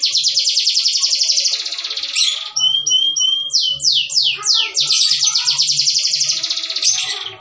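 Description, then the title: Canary song: high buzzy trills alternating with quick descending sweeps and short whistled notes in a continuous rolling phrase. Cengkok song style, the kind sought by contest judges. "Cengkok kenari mewah yang di cari juri"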